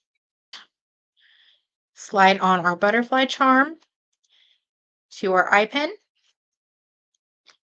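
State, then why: Seated. A small metal jump ring holding a butterfly charm is closed with pliers onto an eye pin. Someone talks, with a short sharp sound near 0.5 s, and a faint little click at 7.5 s shows the jump ring is closed and secure.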